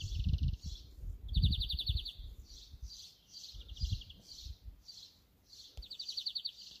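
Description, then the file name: European greenfinch giving short, fast rattling trills at mid-high pitch, mixed with softer blurred twittering notes, over low rumbling noise that swells and fades, mostly in the first half. "Chloris chloris"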